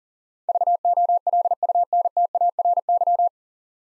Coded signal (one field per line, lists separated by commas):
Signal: Morse code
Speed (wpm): 37 wpm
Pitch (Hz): 700 Hz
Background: none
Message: VOLUNTARY